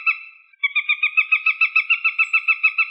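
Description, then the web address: Northern Goshawk calling: one drawn-out note, then a fast, even run of many repeated chattering notes, in a quiet background. "Accipiter gentilis"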